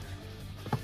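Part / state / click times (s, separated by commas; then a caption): plastic trim panel clips into vehicle dash panel holes / not seated / none. A plastic trim panel is pressed firmly by hand over the vehicle dash panel holes of a Toyota 4Runner during a START-X remote start install, so its remaining clips can go in. A low steady hum runs throughout, with a short, louder thump near 0.7 s. Nothing has seated or clicked yet.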